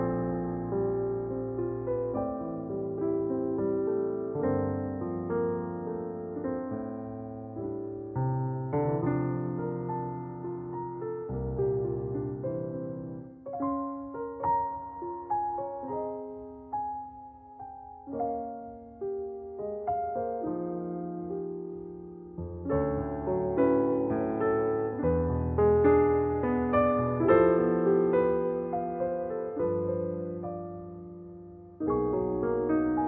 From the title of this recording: OST with rain ambience